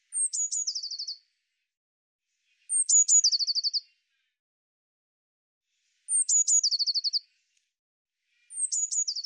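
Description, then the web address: Eurasian blue tit calling repeatedly, high thin introductory notes then a rapid chattering trill, four phrases spaced a few seconds apart on a silent background. "cianscape birddata Deverinetal 2025 File cleaned normalized Bird Cy Ca"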